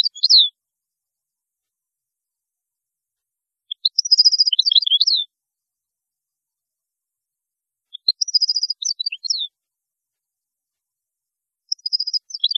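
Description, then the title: European goldfinch song: bright tinkling twitters and quick trills in short bursts, one near the start and then roughly every four seconds, with silence between. "Chant Chardonneret"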